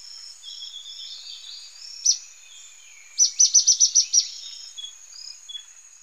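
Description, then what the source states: Ornate flycatcher calls: a single sharp high note, then a quick run of six bright, evenly spaced chips, over a steady high insect drone and faint other birds. Recorded in Ecuador.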